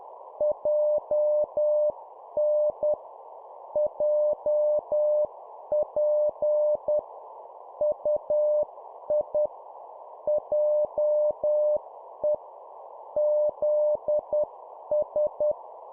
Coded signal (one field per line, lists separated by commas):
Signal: Morse code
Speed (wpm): 10 wpm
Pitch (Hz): 600 Hz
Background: none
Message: JN JP UI JE ZS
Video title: 10wpm Two letter words, cw morse code